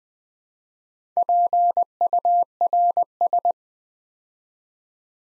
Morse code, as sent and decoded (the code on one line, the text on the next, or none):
.--. ..- .-. ...
PURS